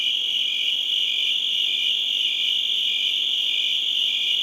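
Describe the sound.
Crickets in a steady, piercing high trill, with lower chirps pulsing at a regular, quick pace underneath.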